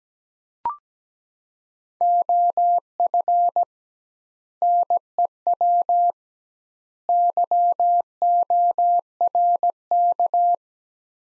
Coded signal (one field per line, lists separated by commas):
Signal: Morse code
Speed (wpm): 17 wpm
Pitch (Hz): 700 Hz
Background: none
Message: OF NEW YORK